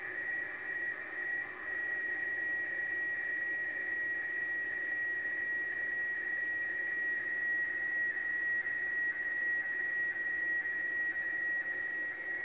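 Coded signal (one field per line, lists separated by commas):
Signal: weather fax (radiofax)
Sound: steady high tone with soft rhythmic ticks twice a second over hiss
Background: radio static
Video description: Radiofax com boletim meteorológico transmitido pela Marinha do Chile.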